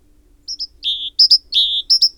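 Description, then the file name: Great tit singing a quick series of phrases, two short high notes dropping to a longer lower one, repeated a few times. "Parus major"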